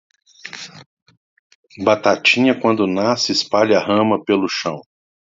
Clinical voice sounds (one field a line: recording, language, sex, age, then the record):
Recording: short text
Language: Brazilian Portuguese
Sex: male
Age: 40 to 49 years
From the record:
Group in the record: control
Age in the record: 49 years